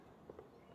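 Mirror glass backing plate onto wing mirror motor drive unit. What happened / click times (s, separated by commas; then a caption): The mirror glass clipped onto its mount / 0.3 s, 0.4 s. Replacement electrochromic mirror glass for a BMW 6 Series wing mirror is lined up and pushed in the centre so its backing plate's plastic clips snap onto the mirror's motor drive unit. Two quiet clicks sound at 0.3 s and 0.4 s over a low background hum. The glass is seated.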